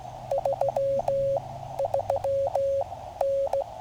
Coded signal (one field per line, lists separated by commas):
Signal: Morse code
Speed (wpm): 16 wpm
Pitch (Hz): 550 Hz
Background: none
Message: 33N